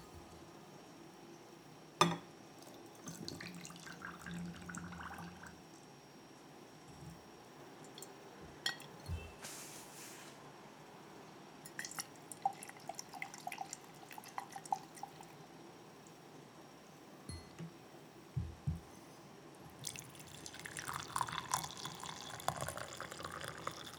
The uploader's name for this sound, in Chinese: 雨天陪我手沖吧